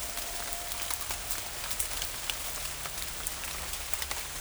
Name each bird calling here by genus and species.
none